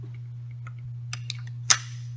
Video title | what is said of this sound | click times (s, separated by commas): MCS Weekly LIVE: Shaped Projectile MSR | lock so once it folded it's actually half the locking joint right there won't come out and | 1.7 s